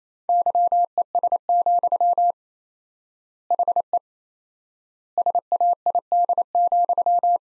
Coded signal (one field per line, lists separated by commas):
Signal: Morse code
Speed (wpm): 28 wpm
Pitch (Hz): 700 Hz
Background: none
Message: YES, HE SAID,